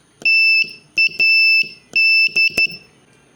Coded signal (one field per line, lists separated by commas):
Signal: Morse code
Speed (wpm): 11 wpm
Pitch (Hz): 2650 Hz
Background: none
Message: TAD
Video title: Morse Code for Ham Radio Made Easy 4!